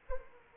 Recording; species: mosquito wingbeat signal from an infrared sensor; Anopheles arabiensis